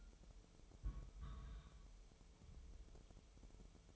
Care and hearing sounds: daily activity, microphone in the room; place on stove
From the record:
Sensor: 1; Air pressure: 988.4 hPa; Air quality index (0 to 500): 201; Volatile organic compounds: 1000 ppm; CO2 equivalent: 5375 ppm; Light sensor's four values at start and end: 27/98/37/39 and 27/98/37/39

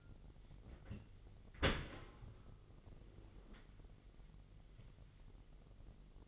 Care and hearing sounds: daily activity, microphone in the room; open dishwasher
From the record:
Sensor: 4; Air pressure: 999.1 hPa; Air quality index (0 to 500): 122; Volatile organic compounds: 2 ppm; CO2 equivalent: 1197 ppm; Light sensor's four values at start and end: 8/19/7/8 and 7/18/7/8

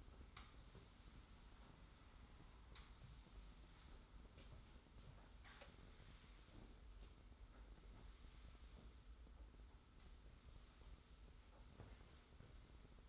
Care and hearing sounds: daily activity, microphone in the room; sweep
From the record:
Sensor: 3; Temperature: 25.5 degrees Celsius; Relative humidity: 40.5%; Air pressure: 991.3 hPa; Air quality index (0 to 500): 141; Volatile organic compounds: 321 ppm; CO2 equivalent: 4526 ppm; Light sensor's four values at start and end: 53/143/58/52 and 53/144/59/52

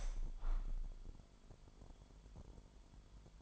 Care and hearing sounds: daily activity, microphone in the room; open window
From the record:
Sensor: 5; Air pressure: 998.7 hPa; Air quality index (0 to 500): 104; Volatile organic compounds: 2 ppm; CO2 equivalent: 1205 ppm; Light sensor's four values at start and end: 44/109/45/51 and 44/108/45/51

